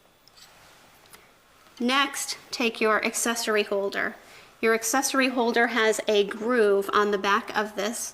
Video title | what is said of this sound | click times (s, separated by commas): Best Shark Vacuum - TOP 10 Shark Vacuum Cleaners | ahead and line those up push down until it clicks into place next | 0.3 s